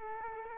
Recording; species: mosquito wingbeat signal from an infrared sensor; Culex quinquefasciatus